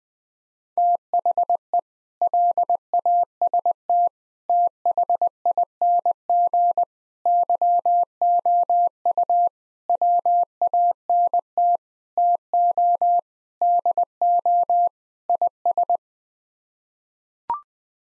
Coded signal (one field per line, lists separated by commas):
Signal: Morse code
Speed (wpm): 21 wpm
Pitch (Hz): 700 Hz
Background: none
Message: THE LAST THING YOU WANT TO DO IS